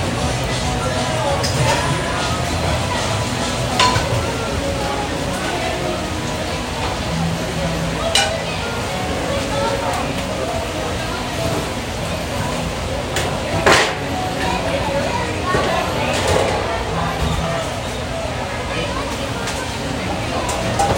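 A restaurant kitchen preparing Sunday breakfast, with a steady sizzling hiss from the grill and murmuring voices underneath. Dishes and utensils clink and clang now and then, with sharper knocks near 4, 8 and 14 seconds.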